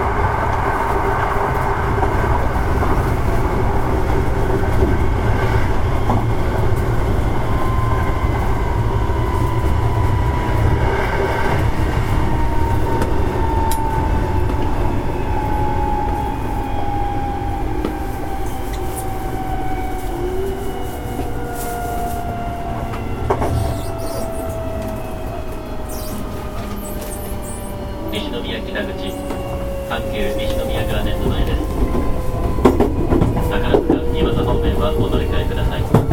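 A train runs steadily with a deep, constant rumble, a whining motor tone slowly falling in pitch, and brief clanks near the end.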